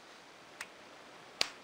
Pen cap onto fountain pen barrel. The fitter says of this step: you go you can hear it snap shots and it's very sturdy that